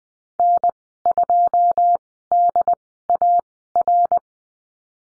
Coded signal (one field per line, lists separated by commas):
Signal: Morse code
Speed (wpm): 20 wpm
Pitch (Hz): 700 Hz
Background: none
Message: N2DAR